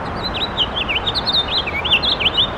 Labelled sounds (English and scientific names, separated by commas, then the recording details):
House Finch (Haemorhous mexicanus) song
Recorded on Long Island, New York, on 7 June 2012
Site SU
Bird B